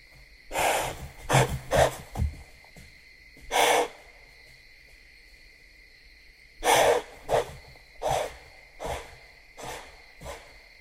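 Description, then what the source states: White-tailed deer snorting: a series of sharp, breathy bursts in irregular clusters, with pauses of a few seconds between groups, over a steady background tone. Recorded 26 September 2013.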